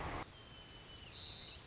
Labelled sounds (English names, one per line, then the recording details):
White-crowned Sparrow
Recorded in Sonoma County, California